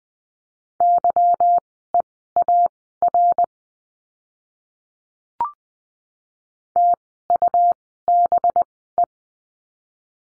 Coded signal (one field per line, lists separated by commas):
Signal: Morse code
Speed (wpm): 20 wpm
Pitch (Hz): 700 Hz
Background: none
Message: YEAR TUBE